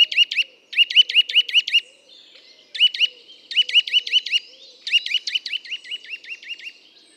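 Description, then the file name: Eurasian nuthatch giving rapid bursts of clear, rising whistled notes, several per burst, the bursts separated by short pauses; a faint lower hum runs underneath. "Sitta europaea"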